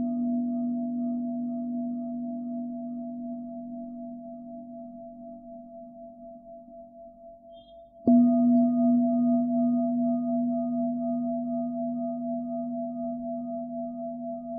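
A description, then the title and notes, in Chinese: A singing bowl rings with a low, steady hum and a clear higher overtone, slowly fading and wavering over the first eight seconds. Around the eighth second it is struck again, sharply louder and brighter, then settles back into a long, gently pulsing decay. 颂钵治疗音乐。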